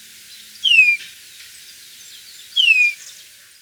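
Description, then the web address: Golden-rumped euphonia calls, two clear whistles sliding downward, about two seconds apart. Ecuador. "Natures Songs S America Birds of Ecuador. Golden-Rumped Euphonia"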